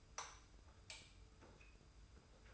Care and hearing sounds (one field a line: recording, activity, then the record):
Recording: daily activity, microphone in the room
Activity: light off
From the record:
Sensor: 2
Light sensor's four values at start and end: 30/77/31/30 and 25/60/24/24